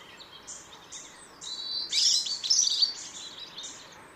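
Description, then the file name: European robin singing: quiet high notes at first, then a louder burst of sharp, tinkling warbles around the middle, fading to faint high phrases. "Erithacus rubecula"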